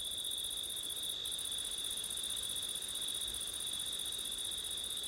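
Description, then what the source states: Crickets singing in a steady, unbroken high trill, with a second shrill band higher up running throughout. Crickets recorded on a September night with wind, using an ORTF stereo setup.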